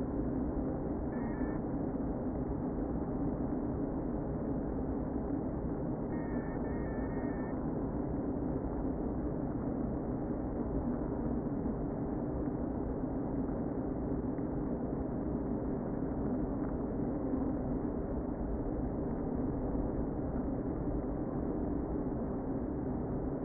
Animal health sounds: honeybee colony, microphone inside the hive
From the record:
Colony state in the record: queen present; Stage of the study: before two queens were removed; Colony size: about 60,000 bees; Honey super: yes

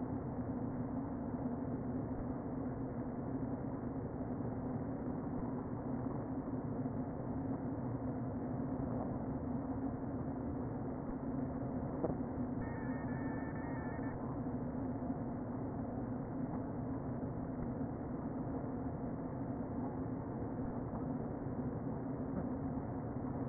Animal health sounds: honeybee colony, microphone inside the hive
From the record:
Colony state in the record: queen present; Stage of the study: before two queens were removed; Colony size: about 60,000 bees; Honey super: yes

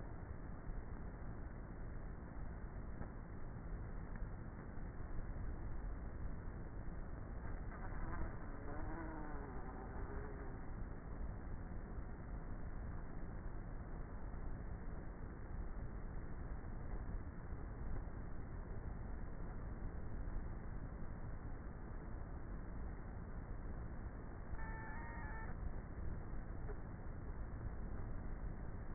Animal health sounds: honeybee colony, microphone inside the hive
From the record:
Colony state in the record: queenless with a low population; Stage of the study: before two queens were removed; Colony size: about 30,000 bees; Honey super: no

